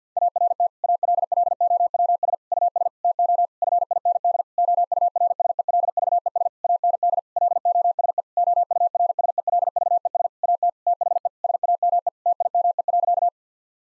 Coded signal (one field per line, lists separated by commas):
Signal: Morse code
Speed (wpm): 50 wpm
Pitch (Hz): 700 Hz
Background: none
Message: ART ALLOWS US TO FIND OURSELVES AND LOSE OURSELVES AT THE SAME TIME.